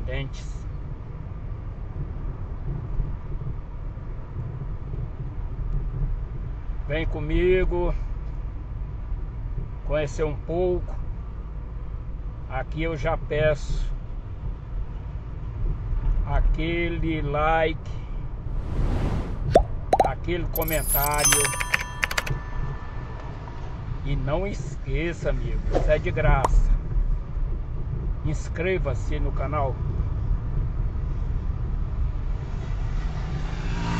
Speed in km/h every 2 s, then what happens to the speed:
29, 31, 32, 34, 33, 31, 31, 31, 33, 32, 33, 35, 35, 35, 36, 36, 36.
0-34 steady at about 33.